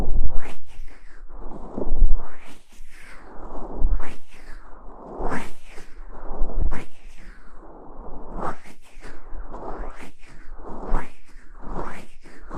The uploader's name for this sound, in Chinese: 黑白双丝丝袜手套按摩